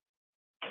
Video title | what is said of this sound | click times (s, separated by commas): 🎄❄COUNTDOWN TO CHRISTMAS DAY FOUR🎁 | put it on the arms you're hear it snap in | 0.6 s